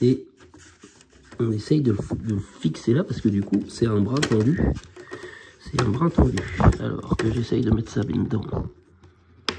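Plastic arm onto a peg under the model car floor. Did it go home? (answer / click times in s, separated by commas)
yes / 9.5 s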